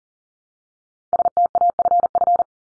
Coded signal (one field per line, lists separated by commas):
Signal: Morse code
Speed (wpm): 40 wpm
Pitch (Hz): 700 Hz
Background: none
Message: STAFF